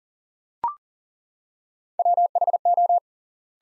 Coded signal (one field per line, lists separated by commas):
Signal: Morse code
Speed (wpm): 40 wpm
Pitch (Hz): 700 Hz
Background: none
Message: WHO